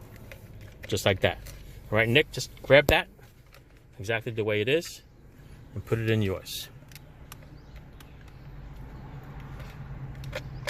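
A dome lamp switch is handled next to the overhead console housing of a 2016 Mazda CX-9 while someone talks, with a few small handling ticks and light rustles over a low background hum. The switch is not yet pushed into the housing, and nothing has seated or clicked yet.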